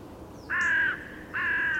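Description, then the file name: Carrion crow giving two harsh, flat caws with a short gap between them. "Corvus corone"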